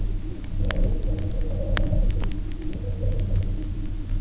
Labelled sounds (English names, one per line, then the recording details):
none
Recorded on Arctic tundra, site UTQI-0, on 27 June 2018
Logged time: 16:00